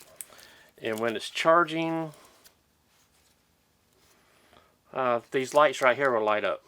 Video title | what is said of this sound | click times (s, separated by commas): First Look At The Ferrex Cordless Rotary Too, Sold By Aldi | and it just pops right in just like this | 0.2 s